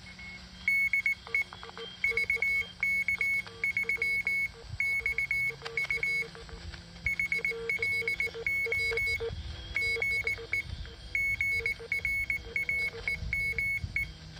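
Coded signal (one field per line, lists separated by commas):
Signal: Morse code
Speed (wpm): 19 wpm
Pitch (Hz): 2200 Hz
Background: none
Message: DE VK3XU HLO GE GRAEME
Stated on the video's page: Homebrew crystal-controlled dual-band 5-watt QRP CW transceiver calling from a park at dusk, struggling to get a reply.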